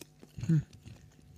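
Quiet, wet chewing with a smack of the lips, one brief louder burst in the middle and a few faint clicks and mouth sounds around it, with no talking.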